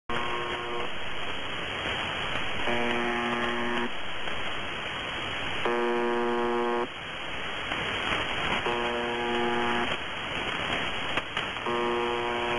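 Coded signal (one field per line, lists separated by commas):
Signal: channel marker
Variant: UVB-76 (The Buzzer)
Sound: harsh low buzz lasting about a second, repeating four times, every three seconds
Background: radio static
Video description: MDZhB buzzing like it always fucking does.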